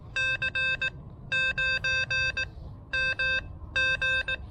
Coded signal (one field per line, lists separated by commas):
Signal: Morse code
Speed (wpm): 19 wpm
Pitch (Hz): 1550 Hz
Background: none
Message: C 9 M G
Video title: 30 Meters with a 4 Foot Whip Antenna? Impromptu POTA Hunting with the Elecraft KH1!